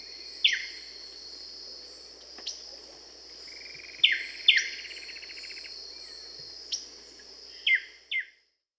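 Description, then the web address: Buff-breasted wren giving loud falling whistles, some paired, with a brief rattling trill, against constant high-pitched insect drone. Recorded in South America. "Natures Songs S America Buff-breasted Wren"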